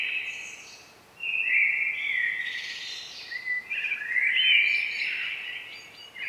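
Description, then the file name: Common blackbird delivering a continuous, fluty warbled song with rising and falling notes and high scratchy twitters, barely pausing throughout. "Turdus merula"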